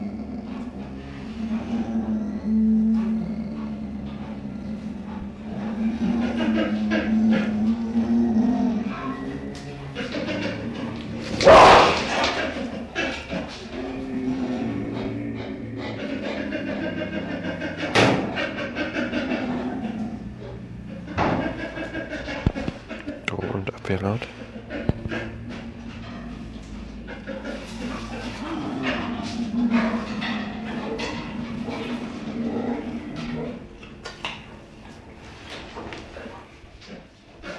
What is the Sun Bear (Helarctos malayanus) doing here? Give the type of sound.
call